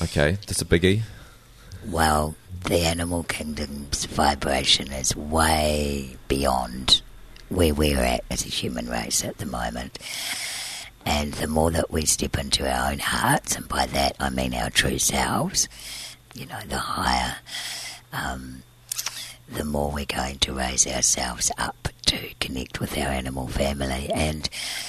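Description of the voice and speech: An adult woman speaks fluently in an unusually deep, rough, creaky voice with limited pitch movement and audible breathy noise. This is dysphonia from a vocal fold scarred during surgery to remove large laryngeal cysts she was born with; she still breathes through a tracheostomy tube because of a narrow airway.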